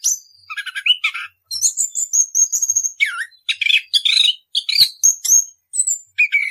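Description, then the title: Orange-headed thrush song, a rapid rambling run of varied whistles, buzzy trills and sharp chirps with short gaps, mostly high-pitched and continuous throughout. Rolling song style (ngerol), used as a master recording (masteran) for training caged birds. "Anis Kembang 9. suara anis kembang ngerol"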